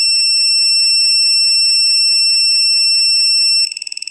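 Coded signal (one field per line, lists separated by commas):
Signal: beep code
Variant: EggTimer Apogee controller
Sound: a piercing steady beep for about 3.6 seconds, then rapid fast chirping begins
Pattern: 1 long, then fast chirps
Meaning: Long beep then fast chirping means the controller is ready for launch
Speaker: at the end of that 55 seconds we hear a long beep that lasts for about two to three seconds and then it goes into this mode where it's doing a fast chirp this is launch capable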